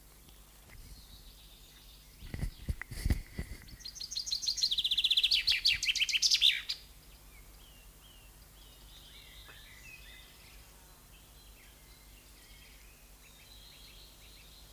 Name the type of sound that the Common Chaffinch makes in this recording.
song